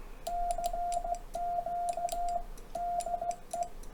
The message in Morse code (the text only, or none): CQ DE